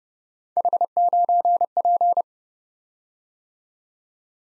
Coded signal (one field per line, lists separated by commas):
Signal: Morse code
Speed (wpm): 30 wpm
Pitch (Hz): 700 Hz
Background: none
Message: H9P